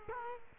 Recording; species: mosquito wingbeat signal from an infrared sensor; Culex quinquefasciatus